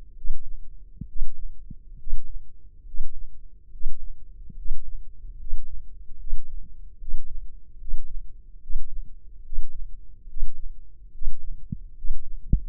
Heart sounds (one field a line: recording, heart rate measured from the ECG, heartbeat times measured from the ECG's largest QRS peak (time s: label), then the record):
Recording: heart sounds by microphone in the left ear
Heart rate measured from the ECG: 71 bpm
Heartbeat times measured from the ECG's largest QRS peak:
0.15 s: heartbeat
1.07 s: heartbeat
1.98 s: heartbeat
2.85 s: heartbeat
3.71 s: heartbeat
4.56 s: heartbeat
5.38 s: heartbeat
6.18 s: heartbeat
6.99 s: heartbeat
7.79 s: heartbeat
8.61 s: heartbeat
9.44 s: heartbeat
10.28 s: heartbeat
11.12 s: heartbeat
11.95 s: heartbeat
From the record:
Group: healthy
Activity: breath hold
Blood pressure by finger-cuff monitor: 165/107 mmHg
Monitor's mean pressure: 119 mmHg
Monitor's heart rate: 72 bpm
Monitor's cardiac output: 6.2 L/min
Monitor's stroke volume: 86 mL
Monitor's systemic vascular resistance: 1450 dyn s/cm5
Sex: male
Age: 23 years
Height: 179 cm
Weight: 87 kg